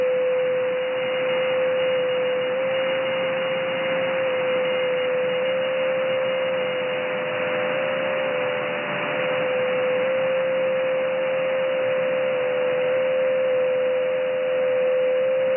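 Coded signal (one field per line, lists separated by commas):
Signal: JT65, JT9 or WSPR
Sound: a single steady, near-constant tone around 550 Hz over continuous radio hiss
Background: radio static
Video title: First Time decoding of JT9 digital mode using WSJT X software 10140 Khz Shortwave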